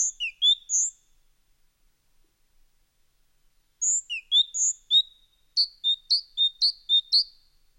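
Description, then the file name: Great tit singing varied two-note whistled phrases, then a fast run of sharp, repeated high-low notes in even rhythm. "Musvit"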